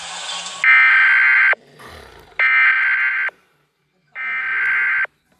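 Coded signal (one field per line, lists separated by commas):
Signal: Emergency Alert System (SAME) tones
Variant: header bursts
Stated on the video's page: Fictional EAS scenario built from Amber Alert and 5th Malaysia EAS sounds with Cortana voice.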